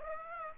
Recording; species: mosquito wingbeat signal from an infrared sensor; Aedes aegypti